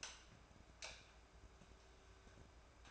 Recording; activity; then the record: daily activity, microphone in the room; light off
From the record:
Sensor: 2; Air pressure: 1010.1 hPa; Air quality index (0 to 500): 161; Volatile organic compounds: 7 ppm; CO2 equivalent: 2018 ppm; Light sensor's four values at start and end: 44/108/48/54 and 41/98/44/49